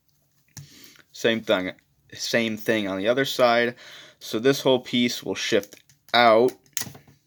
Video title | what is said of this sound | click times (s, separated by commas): Transformers Legacy Cosmos | it'll snap into place so | 0.6 s